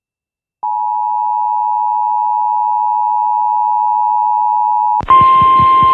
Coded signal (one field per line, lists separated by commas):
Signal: Emergency Alert System (SAME) tones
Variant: 853 and 960 Hz attention tone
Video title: KS SVR EAS #619